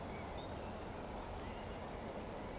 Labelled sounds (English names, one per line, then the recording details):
Eurasian Woodcock whistle
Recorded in Baden-Württemberg, Germany, on 15 June 2020 at 19:38 UTC
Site 14569, 102 m above sea level